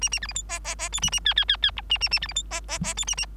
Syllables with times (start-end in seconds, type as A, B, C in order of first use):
0.01-0.09 A, 0.11-0.19 A, 0.21-0.27 B, 0.28-0.33 C, 0.34-0.43 D, 0.49-0.59 E, 0.64-0.75 E, 0.78-0.89 E, 0.92-1.00 F, 1.02-1.10 A, 1.12-1.20 A, 1.25-1.34 G, 1.36-1.45 G, 1.48-1.57 G, 1.62-1.71 G, 1.76-1.81 H, 1.89-1.98 A, 2.00-2.09 A, 2.11-2.19 A, 2.21-2.27 B, 2.28-2.33 C, 2.35-2.42 D, 2.50-2.60 E, 2.68-2.79 E, 2.83-2.94 E, 2.96-3.05 F, 3.07-3.15 A, 3.17-3.26 A